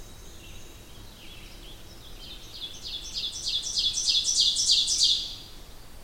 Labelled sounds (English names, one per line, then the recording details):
Ovenbird song
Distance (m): 10 m
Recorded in boreal forest in Alberta, Canada, on 20 June 2016 at 08:28
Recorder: SongMeter 3, array SBT-6-81
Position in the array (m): 145 m, 203 m
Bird 25